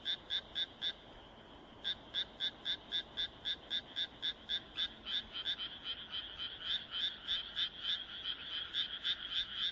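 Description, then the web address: Frog croaks, a run of sharp pulses about four per second, pausing briefly, then resuming as other frogs join into a thicker chorus. "kaeru kaeru"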